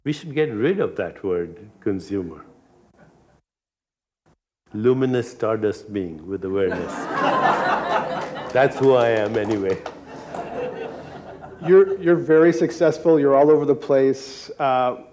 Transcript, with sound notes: We should get rid of that word "consumer". Luminous stardust being with awareness. [Laughter] That's who I am anyway.
You're very successful. You're all over the place.